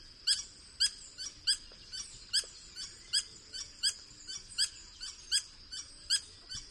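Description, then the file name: Green hermit repeating a high, squeaky chip note many times in a steady series over quiet background noise. "Golosa ptic - Serogrudyj solnechnyj kolibri Phaethornis guy"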